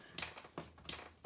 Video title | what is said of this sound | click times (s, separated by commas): 13a socket install . Dewalt 18v multi-tool. Zs 3 lead low testing | And you'll start to hear the clicks as it clicks in. | 0.2 s, 0.9 s